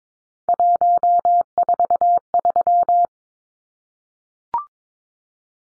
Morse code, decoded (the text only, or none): 143